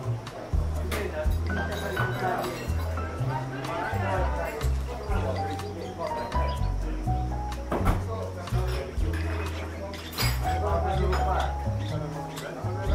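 Coffee shop ambience: a steady murmur of talking voices runs throughout over a deep, stepping bass line of background music. Sharp clinks and clatters cut through now and then, the loudest near eight and ten seconds.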